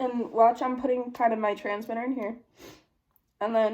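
A plastic transmitter is being put into a Dexcom G6 glucose sensor housing on the skin while someone talks. There is a brief breath-like sound near 2.6 s and a tiny faint tick at 3.2 s. The transmitter has not clicked into the housing yet.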